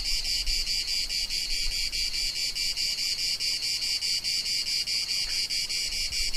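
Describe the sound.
Cicada song: a dense, high buzzing drone pulsing in steady rapid beats throughout, with faint low rumble beneath.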